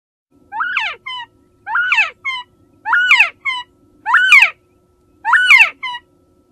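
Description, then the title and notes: Northern Bobwhite calling, a rich rising-falling whistle trailed by a brief clipped note, given five times at roughly even intervals over a faint low hum. Recorded near Tallahassee at a research station where this game bird has long been studied. "Tall Timbers Research Station in search of the elusive Northern Bobwhite"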